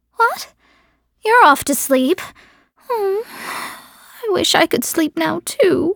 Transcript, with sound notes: What? You're off to sleep? *sigh* I wish I could sleep now too...